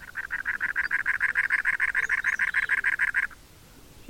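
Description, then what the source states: Cactus Wren sounding a rasping, chugging series of many evenly spaced notes for about three seconds, then quiet. Large wren of dry desert habitats from West Texas to California; nests in thorny trees or cholla cactus.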